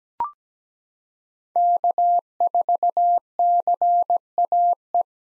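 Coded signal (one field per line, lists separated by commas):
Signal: Morse code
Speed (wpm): 17 wpm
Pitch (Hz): 700 Hz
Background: none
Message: K4CAE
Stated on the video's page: Morse practice drill of common park activation hunter call signs at 17 wpm, meant for head-copy, each sent twice.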